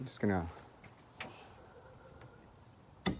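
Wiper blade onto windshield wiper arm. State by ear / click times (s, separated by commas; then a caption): seated / 3.1 s. A new Michelin wiper blade's plastic adapter is pushed onto the metal hook of a windshield wiper arm. Someone talks briefly at the start, a few faint ticks follow, and then a sharp click sounds at 3.1 s. The blade is seated and sits flush on the arm.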